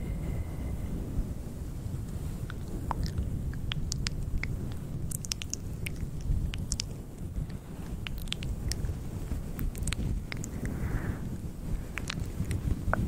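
A fluffy microphone cover is scratched and rubbed, giving a steady, dense, low rumbling rustle that runs continuously throughout. Sharp little clicks and crackles pop out irregularly above it, most often in the middle and near the end, and a faint thin tone sits briefly at the start.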